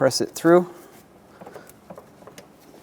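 On a 2003-2021 Chevrolet Express Van 3500, the metal transmission cooler line is being lined up and pressed into the oil cooler's quick-connect fitting. Someone talks briefly at the start, then only faint, light handling ticks are heard between about 1.7 and 2.4 seconds. Nothing has seated or clicked yet.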